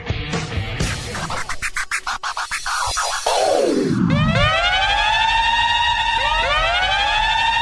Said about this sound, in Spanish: Suena la sirena en Al Fin Solos.